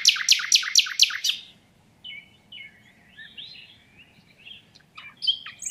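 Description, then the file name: Common nightingale singing a run of about six loud, rapidly repeated notes, followed by softer whistled notes and quick chips over faint background hum. "Luscinia megarhynchos"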